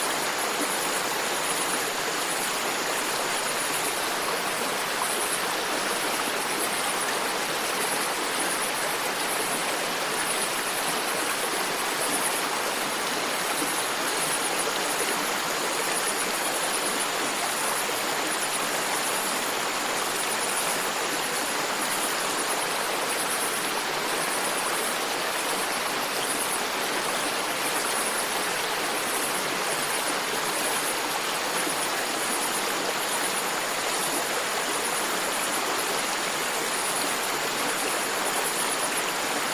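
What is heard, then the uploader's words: A stream burbles steadily, a dense, even rush of water with no pauses across the whole stretch. High above it, crickets keep up a thin, pulsing chirr, with one faint steady insect tone drifting in and out. Gentle Stream at Night. The calming burble of a stream and the chirps of crickets.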